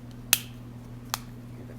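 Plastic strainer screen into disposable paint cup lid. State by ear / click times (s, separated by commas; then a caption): seated / 0.3 s. A plastic strainer screen is pressed into the lid of a disposable spray-gun paint cup system. A sharp snap at 0.3 s marks the screen clicking into place, followed by a softer click at 1.1 s over a steady low hum. The screen is seated nice and tight.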